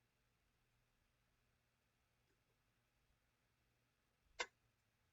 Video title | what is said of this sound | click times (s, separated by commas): Macbook Air M1 2020 Screen Replacement | There we go. Nice click. Sitting properly. No gaps. | 4.4 s